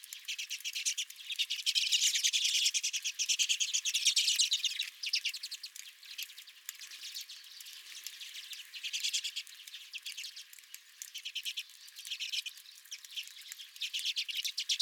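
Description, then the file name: Redpolls in a continuous twittering chorus, about three notes a second, with louder stretches near the start and quieter patches in the middle. Several redpolls at the recordist's own feeder. "Redpolls at My Feeder"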